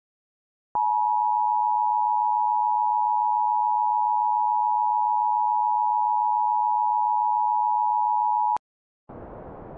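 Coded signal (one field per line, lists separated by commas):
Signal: Emergency Alert System (SAME) tones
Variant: 853 and 960 Hz attention tone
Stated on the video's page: Fictional EAS scenario with SAME tones generated with EASEncoder software, about a crisis in salt deserts.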